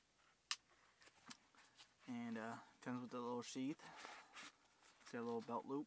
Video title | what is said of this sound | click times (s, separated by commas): 1000 subscriber giveaway update | this is a whitetail illuminant buck knife locks into place so you'd have to worry about it coming back | 0.5 s